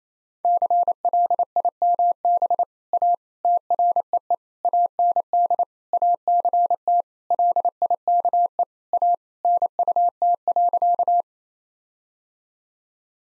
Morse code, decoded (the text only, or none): CLIMB A TREE AND ACT LIKE A NUT.